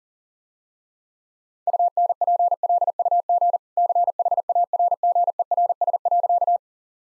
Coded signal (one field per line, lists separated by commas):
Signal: Morse code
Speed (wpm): 40 wpm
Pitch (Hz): 700 Hz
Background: none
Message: UNPLUG CHARGERS.